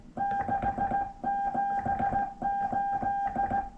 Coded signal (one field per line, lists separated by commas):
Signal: Morse code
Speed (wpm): 16 wpm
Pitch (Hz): 800 Hz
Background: none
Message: 678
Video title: Practice morse code Day 5